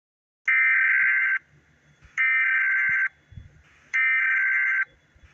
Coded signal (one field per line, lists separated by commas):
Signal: Emergency Alert System (SAME) tones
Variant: header bursts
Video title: EAS.mp4 (jumpscare warning)